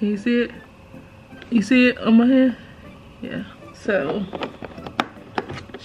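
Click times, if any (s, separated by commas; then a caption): 5.0 s. Someone talks while holding down a small tab on an aftermarket accessory light and pushing it back up into its plastic trim opening in the interior of a Tesla. At 5.0 s the light snaps into the trim panel with a sharp click and is seated in place.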